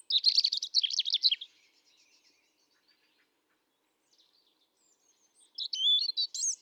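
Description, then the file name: European robin song: a sweet, jumbled burst of high warbling notes, then several seconds of silence before another bright, trilling phrase starts near the end. "Erithacus rubecula 310717"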